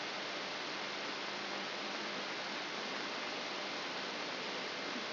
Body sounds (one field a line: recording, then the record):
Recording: brain microelectrode recording played as sound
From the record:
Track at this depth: outside the subthalamic nucleus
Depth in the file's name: 6.501 mm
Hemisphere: left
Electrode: 3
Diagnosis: Parkinson's disease